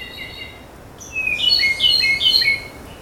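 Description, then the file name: Ryukyu robin phrase of varied high whistled notes, rising and falling in quick succession for about a second and a half, after softer introductory notes, over light hiss. Recorded on Nakanoshima, 25 May 2025. "akahige nakanoshima sekishinichi"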